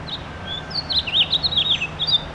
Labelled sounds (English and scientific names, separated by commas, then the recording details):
House Finch (Haemorhous mexicanus) song
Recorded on Long Island, New York, on 7 June 2011
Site MV
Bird A